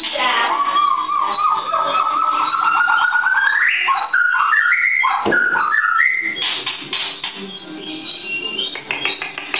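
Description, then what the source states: White-rumped shama song: a long run of rich whistled phrases, first a rising slurred note, then quick varied warbles and harsher chattering notes, almost continuous. Masteran training song of white-rumped shama (murai batu).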